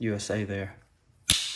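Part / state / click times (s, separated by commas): folding knife blade seating against its backspring in the handle frame / seated / 1.3 s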